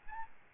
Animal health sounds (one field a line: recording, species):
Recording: mosquito wingbeat signal from an infrared sensor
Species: Aedes albopictus